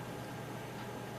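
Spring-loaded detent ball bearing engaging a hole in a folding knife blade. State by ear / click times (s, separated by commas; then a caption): not seated / none. A Gerber Ripstop 1 folding knife is being handled as its metal blade closes, with a spring-loaded ball bearing in the handle about to snap into a hole in the blade to hold it shut. Only a steady, even broadband hiss is heard for about 1.2 seconds, with no distinct sudden sounds. Nothing has seated or clicked yet.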